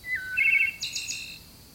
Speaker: Among this mix of thrushes and orioles is a chunky brownish bird, a wood thrush.